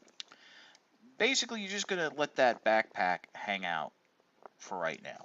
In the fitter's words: bring that up and over the face, and it'll snap into place.